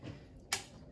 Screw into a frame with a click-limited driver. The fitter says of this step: so you heard it click there and then here let's see if we can get it click here see and